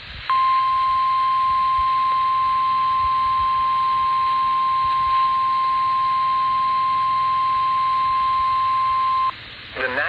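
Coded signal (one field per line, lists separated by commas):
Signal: Emergency Alert System (SAME) tones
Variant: 1050 Hz attention tone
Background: speech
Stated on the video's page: Series of EAS alerts from Wakefield.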